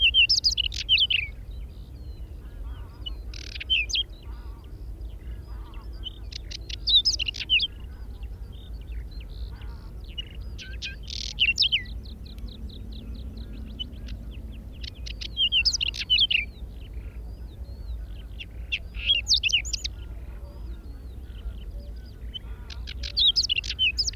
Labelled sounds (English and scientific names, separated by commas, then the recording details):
Whinchat (Saxicola rubetra) song
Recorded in the wild
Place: Ummanz, Insel Rügen, Mecklenburg-Vorpommern, DE
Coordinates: 54.43, 13.18
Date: 1969-05-24
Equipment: Nagra III BH, Sennheiser MD 21, parabola
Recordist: Schubert, Michael